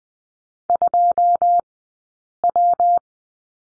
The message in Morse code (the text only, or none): 2W